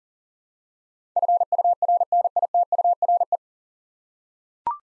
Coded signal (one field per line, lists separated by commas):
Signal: Morse code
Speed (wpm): 40 wpm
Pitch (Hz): 700 Hz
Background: none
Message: FURNITURE